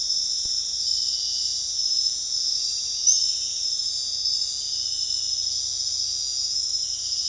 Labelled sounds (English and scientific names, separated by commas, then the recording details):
none
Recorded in dense forest near Puerto Asís, Putumayo, Colombia, on 18 February 2024 at 00:30
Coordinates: 0.485, -76.322
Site G6406